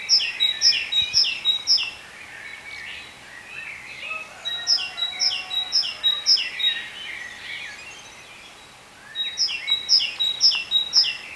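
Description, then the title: Bird calls in three bursts of piercing high chirps, each note about half a second apart, with softer warbling chatter between bursts. "cizici, birds"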